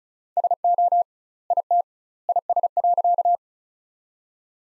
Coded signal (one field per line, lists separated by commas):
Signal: Morse code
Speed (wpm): 36 wpm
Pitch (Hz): 700 Hz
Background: none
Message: SO IT IS.